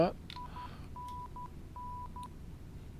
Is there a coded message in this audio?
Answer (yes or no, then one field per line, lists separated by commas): no